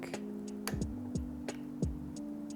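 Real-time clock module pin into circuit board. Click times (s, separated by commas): 0.7 s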